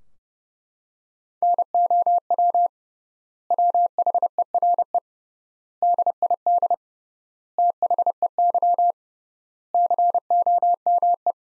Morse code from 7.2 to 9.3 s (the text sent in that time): THEY